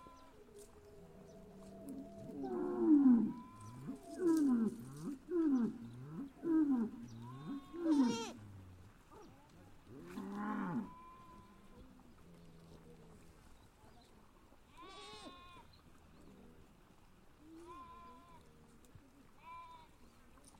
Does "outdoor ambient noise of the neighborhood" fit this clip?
no